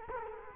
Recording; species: mosquito wingbeat signal from an infrared sensor; Culex quinquefasciatus